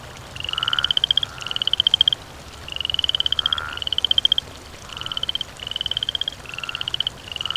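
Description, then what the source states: Frog croaks as bright pulsed trills, paired in quick runs separated by brief pauses. Croaking by water.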